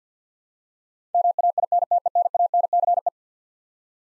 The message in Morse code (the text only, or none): MAINTENANCE